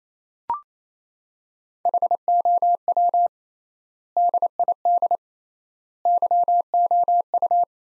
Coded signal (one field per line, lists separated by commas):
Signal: Morse code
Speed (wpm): 28 wpm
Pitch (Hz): 700 Hz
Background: none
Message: HOW DID YOU